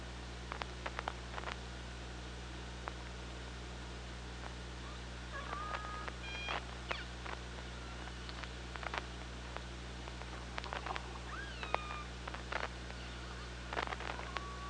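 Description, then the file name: Killer whale calls underwater: several short upsweeping and flat tonal calls with harmonics, set among scattered clicks and a steady low hum. Recorded on the OrcaLab hydrophone, 24 August 2017 at 15:47. "Orca Lab 20170824 154728"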